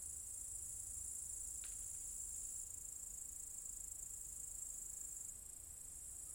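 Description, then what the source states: Cicadas, continuous piercing high hiss, fairly steady, with one brief sharp click early on. Several cicadas in an apple tree orchard at Zalensų Sodybos, Lithuania, recorded 23 August 2015.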